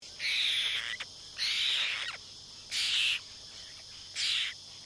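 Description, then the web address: Apostlebird group call: four harsh, buzzy grating bursts, each under a second, spaced about half a second to a second apart against a faint steady hiss. "Foundation Updates BIRD APOSTLE BIRD GROUP CALL"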